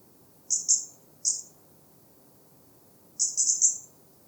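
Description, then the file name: European robin with a high double tick, a lone note, then a faster group of four ticks after a short pause. "Erithacus rubecula"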